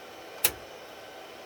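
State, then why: Seated. The rear end of a steel Cisco UCS C220/C240 M4/M5 server rail, its protrusions through the rack post holes, is pulled toward the back of the rack. A single sharp metallic click sounds at 0.5 s against a quiet background as the rail latch locks into place in the rack.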